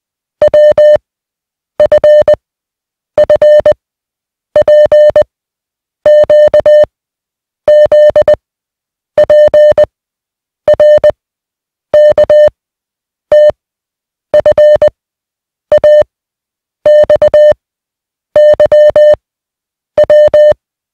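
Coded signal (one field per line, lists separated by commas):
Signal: Morse code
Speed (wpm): 20 wpm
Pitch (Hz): 600 Hz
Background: music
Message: W F F P Q Z P R K T F A X Y W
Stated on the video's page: Morse receiving practice of 150 random single characters at 20 wpm.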